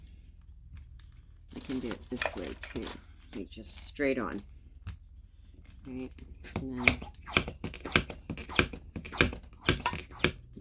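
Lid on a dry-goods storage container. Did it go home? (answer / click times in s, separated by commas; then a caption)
yes / 7.4 s, 8.0 s, 8.6 s, 9.2 s, 10.2 s. A plastic lid is pressed straight down onto a dry-goods storage container while someone talks. It gives a series of sharp snaps at 7.4, 8.0, 8.6, 9.2 and 10.2 seconds as it seals shut.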